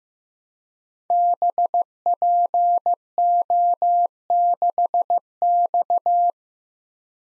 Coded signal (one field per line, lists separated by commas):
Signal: Morse code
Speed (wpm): 15 wpm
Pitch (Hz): 700 Hz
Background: none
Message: BPO6X